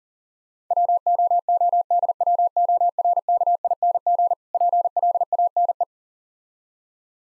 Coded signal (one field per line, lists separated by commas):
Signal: Morse code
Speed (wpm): 40 wpm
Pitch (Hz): 700 Hz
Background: none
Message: WOODWORKING PLANE